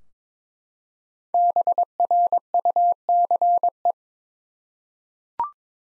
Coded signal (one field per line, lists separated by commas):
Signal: Morse code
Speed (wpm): 22 wpm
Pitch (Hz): 700 Hz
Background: none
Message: BRUCE